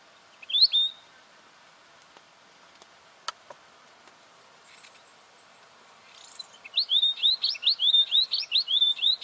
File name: canto do gerigono de bico curto